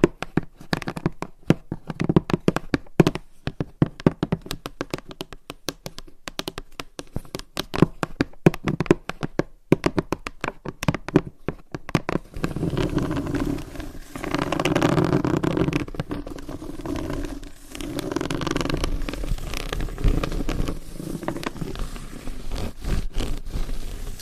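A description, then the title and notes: Long nails tap and scratch on hollow boxes. For the first twelve seconds there are dense, quick, uneven clicks and taps. After that the sound shifts to a fuller, continuous scratching and rubbing that swells and dips, with a brief break near seventeen seconds. Tapping & Scratching on Hollow Boxes with Long Nails. No Talking.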